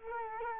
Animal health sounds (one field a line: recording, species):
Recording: mosquito wingbeat signal from an infrared sensor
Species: Culex quinquefasciatus